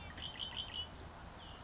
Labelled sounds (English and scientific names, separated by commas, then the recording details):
Red-winged Blackbird (Agelaius phoeniceus)
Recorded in Sonoma County, California